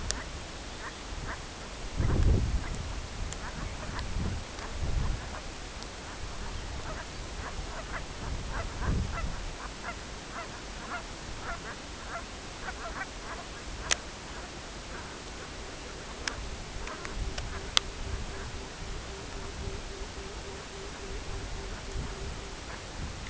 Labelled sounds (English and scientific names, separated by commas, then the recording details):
unidentified sound, Lapland Longspur (Calcarius lapponicus), Pectoral Sandpiper (Calidris melanotos)
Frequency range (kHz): Lapland Longspur (Calcarius lapponicus) 2.7-5.5 kHz; Pectoral Sandpiper (Calidris melanotos) 0.1-1.1 kHz
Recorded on Arctic tundra, site CORI-1, on 16 June 2018
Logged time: 14:00